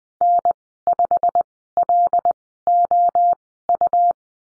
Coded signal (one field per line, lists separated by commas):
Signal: Morse code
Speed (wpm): 20 wpm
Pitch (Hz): 700 Hz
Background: none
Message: N5LOU